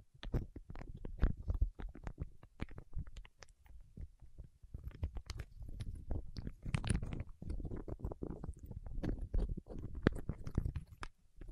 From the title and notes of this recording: ASMR with Wax Fingertips for Sleep (No Talking).